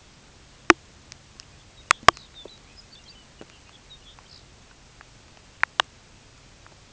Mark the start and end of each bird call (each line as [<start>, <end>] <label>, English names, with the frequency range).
[1.42, 4.49] Lapland Longspur (2.3-5.7 kHz)